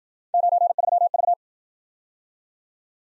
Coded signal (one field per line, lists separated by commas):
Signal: Morse code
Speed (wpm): 54 wpm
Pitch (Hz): 700 Hz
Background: none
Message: 93V